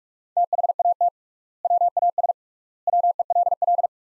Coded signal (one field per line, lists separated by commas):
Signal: Morse code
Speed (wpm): 41 wpm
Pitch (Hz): 700 Hz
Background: none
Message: THAT WAS WELL